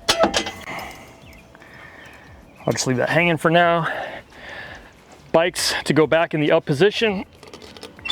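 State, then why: Not seated. The arms of a 1UP-USA hitch bike rack with reversed side plates, mounted on a 2014 Jeep, are being handled and raised back toward their upright locking position. Someone talks throughout, with a sharp knock at the start and faint light clinks near the end. Nothing has seated or clicked into place yet when the clip ends.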